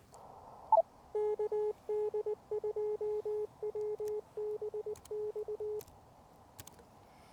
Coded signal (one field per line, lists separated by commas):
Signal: Morse code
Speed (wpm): 19 wpm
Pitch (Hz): 420 Hz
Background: none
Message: KD2WBX